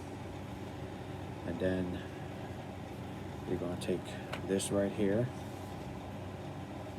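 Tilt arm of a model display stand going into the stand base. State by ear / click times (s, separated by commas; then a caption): not seated / none. Someone talks while picking up the plastic tilt arm of an IDisplayit Tilt Stand 12 model display stand and lining it up with the stand base before locking it in. A steady low hum runs underneath the speech. Nothing has seated or clicked yet.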